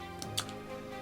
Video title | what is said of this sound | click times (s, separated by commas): Insta360 X3 Get Set kit unboxing plus extras | pops out there's your battery the same shape but you can't use the X2 with the X3 batteries because they're a little different | 0.2 s, 0.4 s